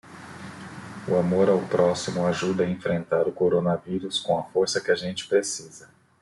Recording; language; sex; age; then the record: spoken sentence; Brazilian Portuguese; male; 40 to 49 years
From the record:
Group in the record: control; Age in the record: 44 years